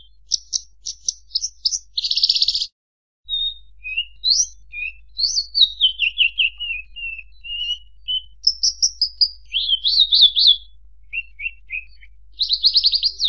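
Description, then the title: Horsfield's bush lark song, a varied run of sharp chirps, a harsh buzzy burst, descending whistled slurs and rapid trills, with a short silent gap. Master recording for training birds; bird in lively full song (gacor), one hour nonstop. "SUARA MASTERAN BURUNG BRANJANGAN GACOR NONSTOP"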